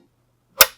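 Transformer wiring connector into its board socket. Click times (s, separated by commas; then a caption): 0.6 s. A black plastic transformer wiring connector is pushed down into its board socket in a Premier Powerbase, and both latches snap in with a single sharp, bright click at 0.6 s over a faint low hum. The connector is fully seated.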